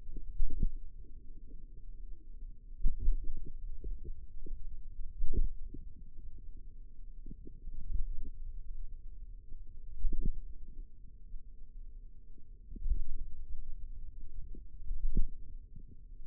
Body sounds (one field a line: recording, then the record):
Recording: forearm muscle sounds (acoustic myography)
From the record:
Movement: pen grasping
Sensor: system 2, bracelet of six BSWA MPA416 microphones around the upper forearm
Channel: 3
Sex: female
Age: 22 years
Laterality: right